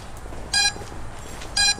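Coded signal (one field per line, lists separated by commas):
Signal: beep code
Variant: FPV drone ESC beeper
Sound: two short buzzy beeps about a second apart, rich in harmonics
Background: quiet room hiss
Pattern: 2 short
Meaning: Locator beacon to help find a crashed drone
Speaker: oh my god it's the esc beeper it's the escp ecp they didn't get the battery to disconnect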